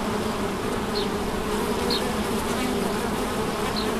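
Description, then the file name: Bees droning in a steady, unchanging buzz, with three soft, short high chirps spaced throughout. Bees recorded at St Bonnet le Ch on 30 July 2016 with an MZ-N710 recorder. "Abeilles St Bonnet le Ch 30 07 16"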